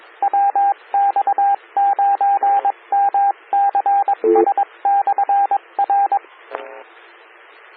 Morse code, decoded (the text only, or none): WX9MCS/R